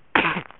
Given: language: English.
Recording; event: throat vibration sensor signal played as sound; cough